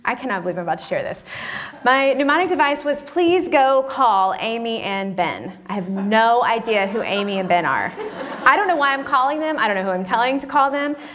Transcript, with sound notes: I cannot believe I’m about to share this—my mnemonic device was, “Please go call Amy and Ben.” I have no idea who Amy and Ben are. (laughter) I don’t know why I’m calling them. I don’t know who I’m telling to call them.